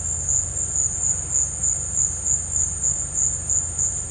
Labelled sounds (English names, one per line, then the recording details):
none
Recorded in dense forest near Puerto Asís, Putumayo, Colombia, on 20 December 2024 at 14:00
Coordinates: 0.468, -76.322
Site G071